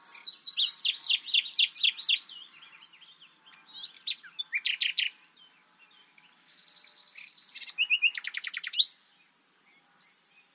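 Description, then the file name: Common nightingale song with varied whistled and slurred phrases, a clicking rattle, a sustained piping note, then a fast rattling trill near the end. "Luscinia megarhynchos"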